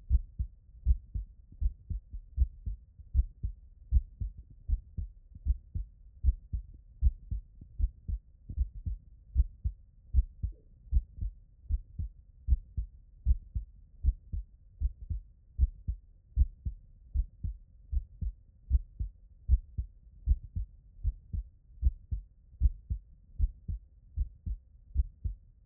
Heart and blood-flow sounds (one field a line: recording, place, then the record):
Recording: heart sounds by stethoscope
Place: tricuspid valve (TV)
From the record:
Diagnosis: non-HFrEF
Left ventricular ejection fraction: 66%